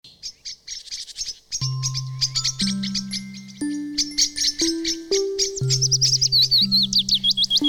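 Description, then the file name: Bird song: quick high chirps and twitters run throughout, ending in rapid looping whistles, over steady low sustained tones that step upward in pitch, drop back and climb again. "Zvuki prirody dlya malyshej - Penie ptic"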